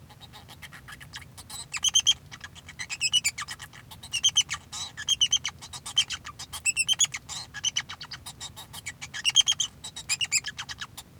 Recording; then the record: song of a male Bengalese finch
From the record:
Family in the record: son of father 2